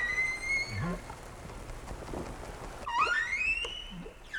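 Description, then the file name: Whale calls: a high whistle gliding downward, then a fast rising whistled sweep, over a soft noisy background. "tower whales"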